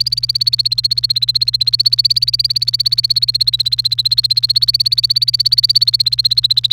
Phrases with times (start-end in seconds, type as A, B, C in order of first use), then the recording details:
0.00-6.73 A. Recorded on 29 April 2018 at 14:34. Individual llb3